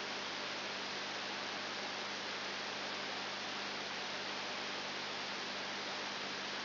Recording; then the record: brain microelectrode recording played as sound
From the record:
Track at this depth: outside the subthalamic nucleus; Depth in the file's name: 8.5 mm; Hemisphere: left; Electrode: 2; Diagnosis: Parkinson's disease